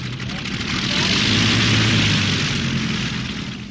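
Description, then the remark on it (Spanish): A steady, loud drone of a squadron of Junkers propeller transport planes carrying the Army of Africa from Morocco to the Spanish peninsula, a low throbbing hum beneath a broad rushing roar that holds constant for a few seconds. “decidió enviar no solamente las baterías antiaéreas y los aviones de combate que Franco había solicitado, sino un escuadrón completo de aviones de transporte Junker para trasladar al ejército de África desde Marruecos a la península.”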